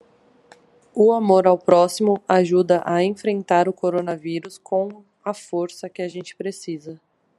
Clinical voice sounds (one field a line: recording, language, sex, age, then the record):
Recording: spoken sentence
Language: Brazilian Portuguese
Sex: female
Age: 20 to 29 years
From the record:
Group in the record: control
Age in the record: 26 years